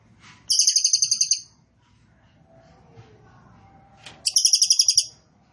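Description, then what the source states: Cililin song: two fast, high trills, each of about a dozen sharp notes, separated by a quiet pause of roughly three seconds with faint low noise. Recording made for training caged birds; song style called trorol konslet; bird singing very actively (gacor banget).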